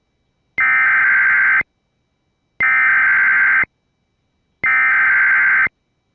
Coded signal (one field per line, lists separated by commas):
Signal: Emergency Alert System (SAME) tones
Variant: header bursts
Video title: TOR in Louisiana (EAS #14)